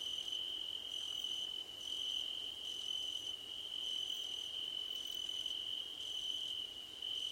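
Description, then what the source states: Crickets: constant high-pitched ringing trill plus an intermittent higher trill in half-second pulses. Crickets at night under a starlit sky.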